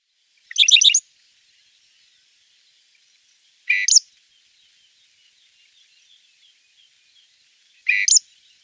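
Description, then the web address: Southern Grey Shrike song: a rapid stuttered burst, then two short rising notes ending in a sharp high squeak, spaced several seconds apart. "Schulze Peter Southern Grey Shrike song"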